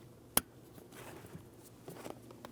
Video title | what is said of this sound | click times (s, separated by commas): How to Replace Downstream O2 Oxygen Sensor 2003-2008 Toyota Matrix 1.8L L4 | Line it up. Press it in. We're going to listen for a click from that. | 0.4 s